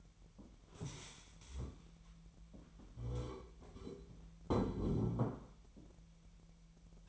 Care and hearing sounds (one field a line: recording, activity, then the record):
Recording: daily activity, microphone in the room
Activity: stand up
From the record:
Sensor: 1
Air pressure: 1001.6 hPa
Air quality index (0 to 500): 247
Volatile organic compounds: 118 ppm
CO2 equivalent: 3864 ppm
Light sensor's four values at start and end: 15/35/15/17 and 14/34/14/16